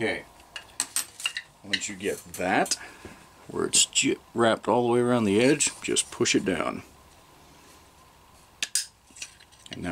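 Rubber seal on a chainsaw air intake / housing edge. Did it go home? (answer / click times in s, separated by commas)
yes / 8.6 s, 8.8 s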